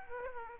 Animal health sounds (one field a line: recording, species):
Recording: mosquito wingbeat signal from an infrared sensor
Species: Aedes aegypti